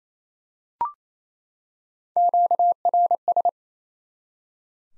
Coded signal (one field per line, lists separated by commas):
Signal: Morse code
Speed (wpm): 27 wpm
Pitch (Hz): 700 Hz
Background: none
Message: QRS